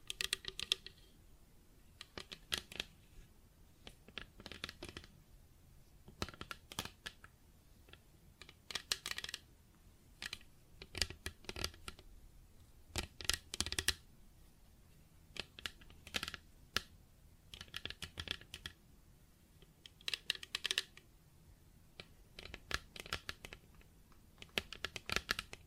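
Plastic objects tap and scratch in irregular bursts of sharp clicks and rasping scrapes, separated by short quiet gaps throughout.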